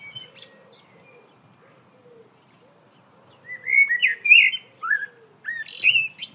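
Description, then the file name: Common blackbird singing fluty, rich whistled phrases that rise and fall, following a lower, softer warbling sound. "Turdus merula"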